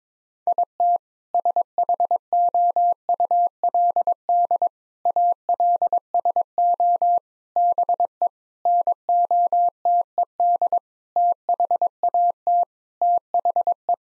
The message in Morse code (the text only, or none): IT SHOULD ALSO BE NOTED THAT THE